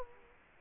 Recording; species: mosquito wingbeat signal from an infrared sensor; Culex quinquefasciatus